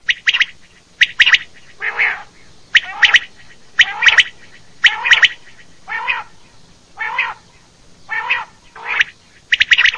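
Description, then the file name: Common quail calling with sharp, clipped notes in quick pairs, alternating with softer, lower notes about once a second, over a steady background hum. "QUAGLIAMD"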